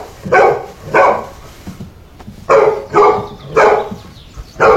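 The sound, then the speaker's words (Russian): A tied-up dog barks about six times in loud, harsh bursts, coming in uneven pairs with short pauses between them, and no other voices can be heard. “Ну что ты гав, гав, гав, что ты гав?”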